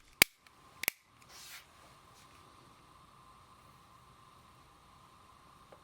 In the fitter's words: the top by lining up the clips with the holes and pushing it down until the 4 clips snap into place.